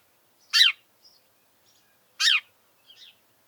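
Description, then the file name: House sparrow uttering two sharp, rich chirps about one and a half seconds apart, followed by soft, faint twitters. "Passer domesticus"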